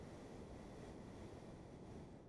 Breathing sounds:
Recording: one breath near a microphone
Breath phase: exhalation

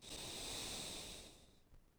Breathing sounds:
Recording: one breath near a microphone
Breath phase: exhalation

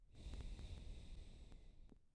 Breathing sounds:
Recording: one breath near a microphone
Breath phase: exhalation

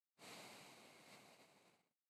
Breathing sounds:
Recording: one breath near a microphone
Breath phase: exhalation

